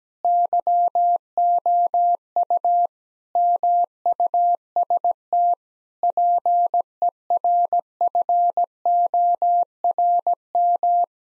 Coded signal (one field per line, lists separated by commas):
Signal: Morse code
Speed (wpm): 17 wpm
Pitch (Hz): 700 Hz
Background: none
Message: YOU MUST PERFORM